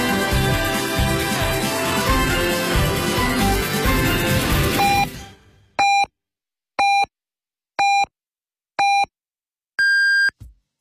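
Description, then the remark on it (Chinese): After a burst of busy music fades out, four short, evenly spaced tonal beeps sound about a second apart, followed by a longer, higher-pitched final beep marking 14:00 Beijing time on Beijing City Radio FM 107.3. “北京城市广播1073，请您准确对时，现在是北京时间14点整。”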